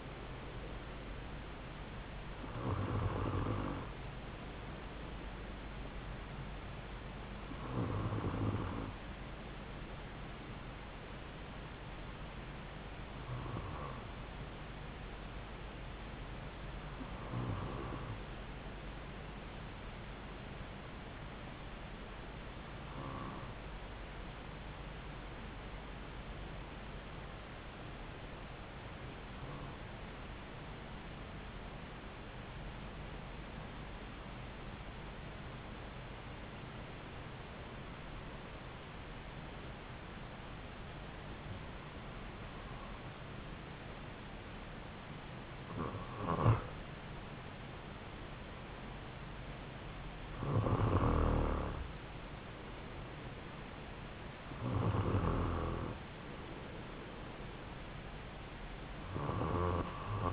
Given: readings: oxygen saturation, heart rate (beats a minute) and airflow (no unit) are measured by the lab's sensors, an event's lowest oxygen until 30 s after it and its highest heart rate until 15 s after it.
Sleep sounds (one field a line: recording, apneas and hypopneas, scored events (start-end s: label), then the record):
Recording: breathing in sleep by a voice recorder at the bedside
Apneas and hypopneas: 1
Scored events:
25.00-47.10 s: hypopnea (N2, oxygen 97% highest, then 93% lowest)
From the record:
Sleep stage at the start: N2 (light sleep)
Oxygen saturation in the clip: 91 to 97%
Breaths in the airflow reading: 13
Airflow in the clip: -4.2 to 3.9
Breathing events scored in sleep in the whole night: 270 in 6.1 hours asleep